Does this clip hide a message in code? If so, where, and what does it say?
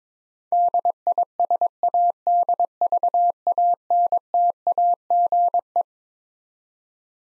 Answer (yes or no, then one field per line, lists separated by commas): yes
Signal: Morse code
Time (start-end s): 0.5-5.8 s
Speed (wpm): 22 wpm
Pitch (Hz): 700 Hz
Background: none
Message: DISADVANTAGE